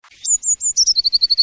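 Bird chirping: a rising note leads into high whistled chirps, then a quick run of evenly spaced, slightly lower notes, each short and clipped.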